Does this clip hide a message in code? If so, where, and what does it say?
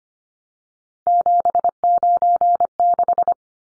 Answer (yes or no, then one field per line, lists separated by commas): yes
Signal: Morse code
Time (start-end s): 1.1-3.3 s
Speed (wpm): 25 wpm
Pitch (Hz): 700 Hz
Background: none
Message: 796